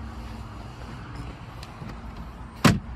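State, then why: Seated. With its header latch levers released, the fabric soft top of a 2024 Mazda MX-5 Miata Grand Touring (ND3) is folded back one-handed over a low steady background hum, with a faint tick at 1.6 s. At 2.7 s the top drops into its stowed well behind the seats and latches with a sharp, loud snap, seating in place.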